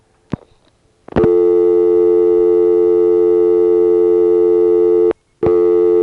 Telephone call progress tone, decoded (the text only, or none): dial tone